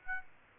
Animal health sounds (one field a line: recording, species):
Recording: mosquito wingbeat signal from an infrared sensor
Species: Aedes aegypti